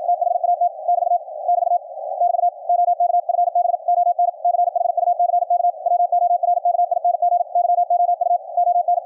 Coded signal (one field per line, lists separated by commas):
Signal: Morse code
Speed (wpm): 53 wpm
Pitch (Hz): 700 Hz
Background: none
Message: THAT <BT> <BT> <BT> OK FB ON CHUCK WORKING YOU ON